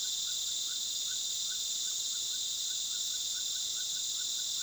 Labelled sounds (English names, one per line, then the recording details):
none
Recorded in pastures near Puerto Asís, Putumayo, Colombia, on 19 February 2024 at 19:00
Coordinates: 0.497, -76.327
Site G7276